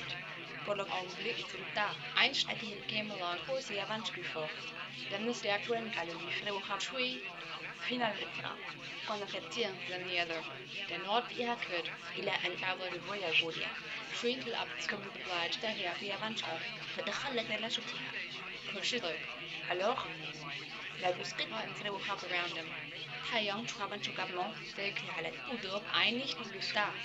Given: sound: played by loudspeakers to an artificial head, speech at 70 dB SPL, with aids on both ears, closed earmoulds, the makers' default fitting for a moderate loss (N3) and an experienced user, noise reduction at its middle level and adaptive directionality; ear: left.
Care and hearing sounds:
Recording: speech test signal (ISTS) in cocktail-party noise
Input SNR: +3 dB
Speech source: in front (0 degrees)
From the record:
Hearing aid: class 1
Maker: F

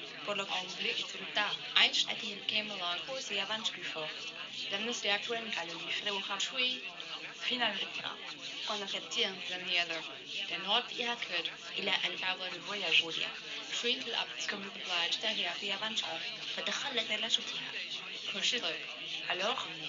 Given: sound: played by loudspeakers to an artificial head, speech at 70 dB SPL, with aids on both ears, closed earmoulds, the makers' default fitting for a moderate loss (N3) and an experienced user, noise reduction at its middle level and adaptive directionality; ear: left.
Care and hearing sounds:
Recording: speech test signal (ISTS) in cocktail-party noise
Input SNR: +6 dB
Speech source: in front (0 degrees)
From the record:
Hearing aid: class 1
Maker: G

